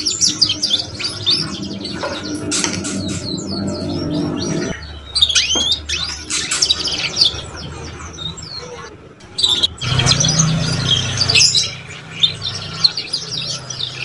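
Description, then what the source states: Belgian canary twittering in rapid high trills and chirps, with scattered chirps and quieter stretches in the middle, then loud again around ten to eleven seconds. Belgian canary song used to stimulate young canaries to start singing and warbling quickly.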